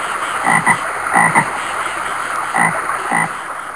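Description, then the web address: American bullfrog giving low, rough croaks in quick pairs, four bursts in a few seconds, with a constant high hiss behind. Several bullfrogs. "Soundsation. Animals Bullfrogs"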